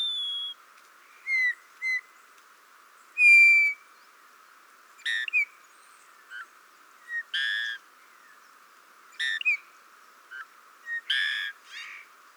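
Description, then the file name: Eurasian bullfinch piping calls: pure, level whistles alternating with grating, creaky notes and short soft toots, repeated at uneven intervals over a quiet hiss. "Pyrrhula pyrrhula"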